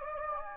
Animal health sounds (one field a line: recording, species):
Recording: mosquito wingbeat signal from an infrared sensor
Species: Anopheles gambiae